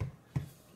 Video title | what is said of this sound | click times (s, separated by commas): Spektrum AR637T Programming Series - Part 4 - Preparing Your Transmitter | we'll slide that in there and push it in till it locks in place alright | 0.0 s, 0.4 s